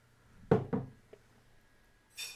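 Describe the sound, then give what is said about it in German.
Two sharp glassy clinks in quick succession, then a faint tap, followed by a brief bright high-pitched shimmer. Quiet overall, with no talking. “Prost.”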